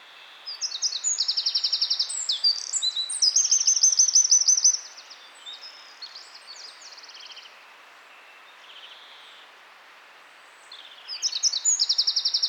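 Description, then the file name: Eurasian wren song, an energetic high trilling cascade of rapid repeated notes lasting several seconds, softer twitters in between, and a new loud burst near the end. "Troglodytes troglodytes"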